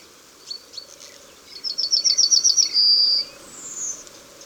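Yellowhammer song, a quick rattling run of bright repeated notes followed by a longer sustained note, then a faint high final note; soft chirps beforehand.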